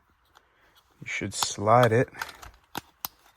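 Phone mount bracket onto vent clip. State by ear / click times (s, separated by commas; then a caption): seated / 3.1 s. Someone talks while sliding the plastic bracket of a phone mount onto the vent clip assembly in an S650 Mustang. A few faint ticks follow, then a sharp snap at 3.1 s as the bracket seats in place.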